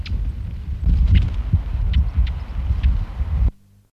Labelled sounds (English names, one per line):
Redwing call